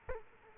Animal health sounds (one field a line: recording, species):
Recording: mosquito wingbeat signal from an infrared sensor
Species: Culex quinquefasciatus